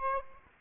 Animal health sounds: mosquito wingbeat signal from an infrared sensor; Aedes aegypti

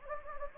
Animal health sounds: mosquito wingbeat signal from an infrared sensor; Anopheles gambiae

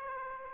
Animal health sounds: mosquito wingbeat signal from an infrared sensor; Aedes aegypti

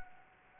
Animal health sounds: mosquito wingbeat signal from an infrared sensor; Anopheles gambiae

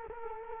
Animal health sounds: mosquito wingbeat signal from an infrared sensor; Culex quinquefasciatus

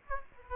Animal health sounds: mosquito wingbeat signal from an infrared sensor; Aedes aegypti

